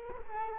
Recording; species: mosquito wingbeat signal from an infrared sensor; Culex quinquefasciatus